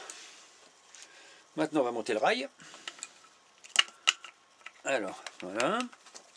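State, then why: Not seated. While the cylinder head and timing are refitted on a 2.5-16 engine, a metal timing-chain guide rail is handled and pushed onto its engine mounting pins, with light metallic taps and sharp ticks around 3.8 and 4.1 s. Someone talks between the handling sounds. The rail has not seated or clicked into place yet.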